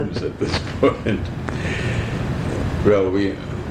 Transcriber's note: laughter